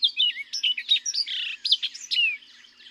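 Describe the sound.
Orchard oriole singing a quick, tumbling run of sweet whistles, buzzy slurs and chattering notes, ending in a clear downslurred whistle before stopping.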